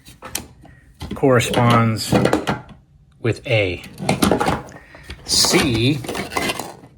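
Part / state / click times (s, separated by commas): printed plastic piece C into the back of the model / not seated / none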